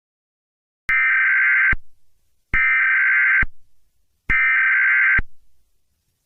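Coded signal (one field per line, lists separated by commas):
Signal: Emergency Alert System (SAME) tones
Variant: header bursts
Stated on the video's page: Fictional horror EAS scenario.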